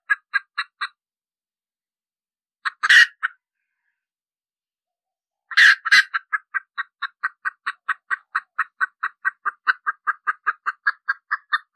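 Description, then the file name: Red junglefowl hen cackle: a few clucks, then harsh squawks and a long series of even, rapid clucks. Hen cackling (cục tác) after laying an egg. "Tieng ga mai rung cuc tac de"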